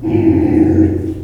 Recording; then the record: squeal of a Yucatan mini pig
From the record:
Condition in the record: before surgery on the right vocal fold (resection and tissue-engineered implant); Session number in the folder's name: 2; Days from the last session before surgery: -15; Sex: female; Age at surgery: 19 weeks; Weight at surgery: 25 kg